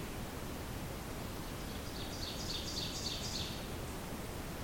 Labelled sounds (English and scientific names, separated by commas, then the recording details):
Ovenbird (Seiurus aurocapilla) song
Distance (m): 60 m
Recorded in boreal forest in Alberta, Canada, on 28 June 2016 at 08:16
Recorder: SongMeter 3, array SBT-6-79
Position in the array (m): 8 m, 126 m
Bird 40